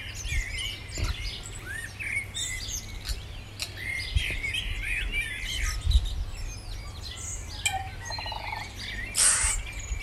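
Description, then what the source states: Birds in chorus, many quick chirps and short whistled slurs from several singers at once over a constant low hum. Recorded in the morning.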